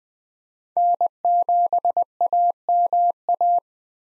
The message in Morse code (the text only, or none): N7AMA